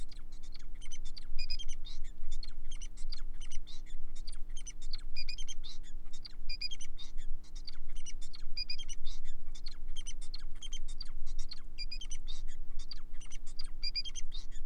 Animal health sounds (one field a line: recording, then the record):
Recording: song of a male Bengalese finch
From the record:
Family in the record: son of father 4